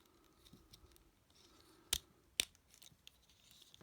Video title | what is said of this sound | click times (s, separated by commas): Transformers Bumblebee Cyberverse Adventures Deluxe Class Thunderhowl Review | so pull these down and you'll hear them kind of click into place when they need to stop | 1.9 s, 2.4 s